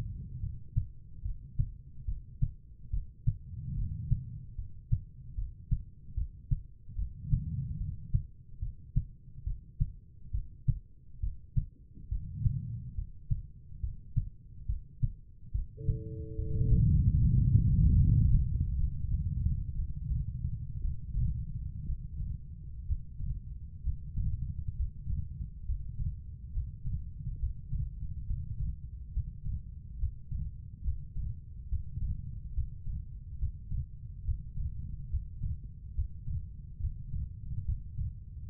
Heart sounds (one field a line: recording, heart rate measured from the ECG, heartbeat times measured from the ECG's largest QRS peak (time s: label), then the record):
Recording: heart sounds by stethoscope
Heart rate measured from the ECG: 69 bpm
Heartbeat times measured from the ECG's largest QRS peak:
0.40 s: heartbeat
1.22 s: heartbeat
2.05 s: heartbeat
2.90 s: heartbeat
3.75 s: heartbeat
4.55 s: heartbeat
5.35 s: heartbeat
6.14 s: heartbeat
6.95 s: heartbeat
7.77 s: heartbeat
8.59 s: heartbeat
9.44 s: heartbeat
10.31 s: heartbeat
11.20 s: heartbeat
12.09 s: heartbeat
12.95 s: heartbeat
13.80 s: heartbeat
14.66 s: heartbeat
15.52 s: heartbeat
16.35 s: heartbeat
17.17 s: heartbeat
17.96 s: heartbeat
18.76 s: heartbeat
19.75 s: heartbeat
20.80 s: heartbeat
21.85 s: heartbeat
22.85 s: heartbeat
23.81 s: heartbeat
24.75 s: heartbeat
25.64 s: heartbeat
26.51 s: heartbeat
27.37 s: heartbeat
28.25 s: heartbeat
29.11 s: heartbeat
29.97 s: heartbeat
30.82 s: heartbeat
31.67 s: heartbeat
32.52 s: heartbeat
33.37 s: heartbeat
34.23 s: heartbeat
35.08 s: heartbeat
35.93 s: heartbeat
36.78 s: heartbeat
37.63 s: heartbeat
38.48 s: heartbeat
From the record:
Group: healthy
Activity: rest 0-18 s, breath hold 18-38 s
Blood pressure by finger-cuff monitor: 122/79 mmHg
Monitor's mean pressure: 94 mmHg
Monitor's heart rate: 71 bpm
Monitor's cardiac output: 5.2 L/min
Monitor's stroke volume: 73 mL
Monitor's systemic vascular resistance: 1310 dyn s/cm5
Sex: female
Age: 43 years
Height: 160 cm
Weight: 90 kg